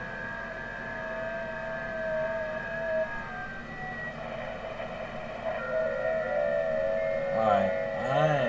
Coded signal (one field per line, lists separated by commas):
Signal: FT8